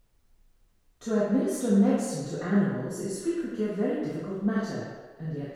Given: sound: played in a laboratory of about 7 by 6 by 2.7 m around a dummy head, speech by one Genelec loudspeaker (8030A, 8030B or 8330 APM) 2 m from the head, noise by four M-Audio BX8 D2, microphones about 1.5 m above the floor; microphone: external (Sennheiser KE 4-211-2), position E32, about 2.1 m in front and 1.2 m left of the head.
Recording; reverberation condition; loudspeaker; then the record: female speech in English; high; 60 degrees to the left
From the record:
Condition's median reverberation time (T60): about 1300 ms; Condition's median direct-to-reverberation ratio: about -4.0 dB